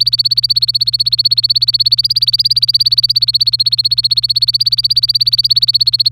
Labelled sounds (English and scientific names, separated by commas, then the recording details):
Domestic Canary (Serinus canaria) song
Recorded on 24 April 2018 at 13:15
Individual llb3